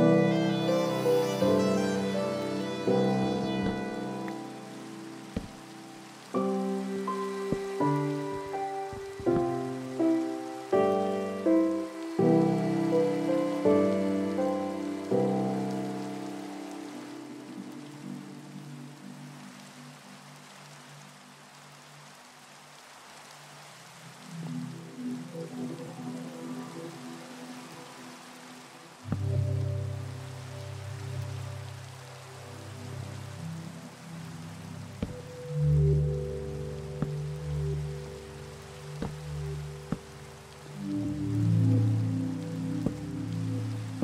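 Rain hisses steadily beneath slow, sustained tonal chords that shift often early, thin out midway, then return lower and fuller after thirty seconds.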